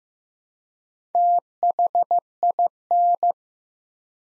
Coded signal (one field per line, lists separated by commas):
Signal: Morse code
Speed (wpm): 15 wpm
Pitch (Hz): 700 Hz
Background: none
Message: THIN